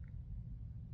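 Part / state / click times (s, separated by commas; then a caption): spring into pistol plunger / not seated / none. A spring is pressed back into the small plunger of a Glock 43X pistol during reassembly. A steady low rumble fills the clip, with a faint brief high-pitched blip near the start. The part is still being handled and nothing has seated or clicked yet.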